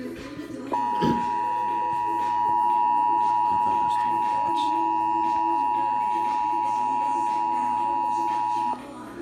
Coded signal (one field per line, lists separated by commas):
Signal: Emergency Alert System (SAME) tones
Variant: 853 and 960 Hz attention tone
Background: speech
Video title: EAS #38 Severe Thunderstorm Watch